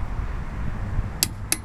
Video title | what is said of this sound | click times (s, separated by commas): How to torque the lug nuts on a Mazda MX5 | you'll hear a click what that means is that the amount | 1.2 s, 1.5 s